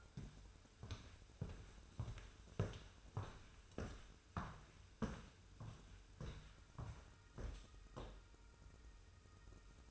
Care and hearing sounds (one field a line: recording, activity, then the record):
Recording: daily activity, microphone in the room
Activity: walk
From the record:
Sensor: 2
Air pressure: 994.3 hPa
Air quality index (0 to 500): 203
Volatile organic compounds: 1000 ppm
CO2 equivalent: 6691 ppm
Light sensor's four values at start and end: 78/180/75/74 and 80/184/77/76